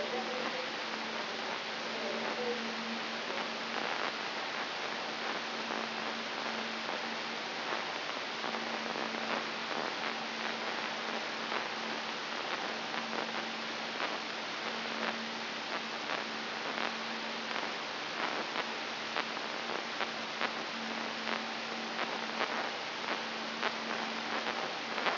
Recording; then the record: brain microelectrode recording played as sound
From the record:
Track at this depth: inside the subthalamic nucleus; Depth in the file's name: 6.133 mm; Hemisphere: right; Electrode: 3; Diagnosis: Parkinson's disease